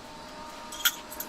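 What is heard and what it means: A 6 inch hole saw is handled while being pushed onto a one-size quick-change drill arbor/mandrel with a ball-bearing lock. Quiet handling noise gives way to a brief bright tap near 0.9 s and a smaller one at 1.2 s. Nothing has seated or clicked yet.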